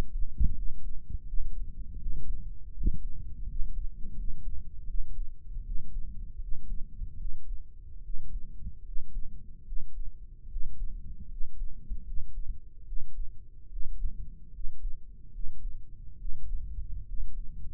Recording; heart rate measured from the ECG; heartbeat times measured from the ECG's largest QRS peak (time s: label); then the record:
heart sounds by microphone in the right ear; 76 bpm
0.52 s: heartbeat
1.23 s: heartbeat
1.96 s: heartbeat
2.71 s: heartbeat
3.44 s: heartbeat
4.13 s: heartbeat
4.84 s: heartbeat
5.61 s: heartbeat
6.36 s: heartbeat
7.14 s: heartbeat
7.99 s: heartbeat
8.81 s: heartbeat
9.62 s: heartbeat
10.45 s: heartbeat
11.26 s: heartbeat
12.01 s: heartbeat
12.82 s: heartbeat
13.66 s: heartbeat
14.49 s: heartbeat
15.28 s: heartbeat
16.14 s: heartbeat
17.02 s: heartbeat
From the record:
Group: healthy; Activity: rest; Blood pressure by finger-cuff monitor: 95/72 mmHg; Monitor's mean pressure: 79 mmHg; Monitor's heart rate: 77 bpm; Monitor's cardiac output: 5.2 L/min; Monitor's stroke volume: 68 mL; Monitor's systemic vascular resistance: 1090 dyn s/cm5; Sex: male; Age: 20 years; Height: 187 cm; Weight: 68.9 kg